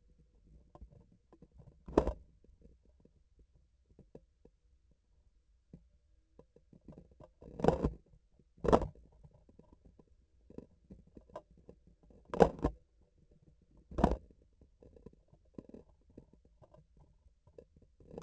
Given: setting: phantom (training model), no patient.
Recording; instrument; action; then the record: laparoscopic instrument, vibration sensor on the handle end; grasping forceps; opening and closing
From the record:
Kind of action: tool actuation without material contact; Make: other than Olympus